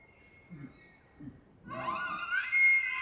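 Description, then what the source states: Elk bugle: two low grunts, then a rising whistled call climbing steadily and holding a high note to the end. Bull elk bugling in rutting season, males vocal, morning of September 18 from pre-dawn, just before hunting season, Colockum Wildlife Area, Washington; dry high plateau with pine, spruce and fir.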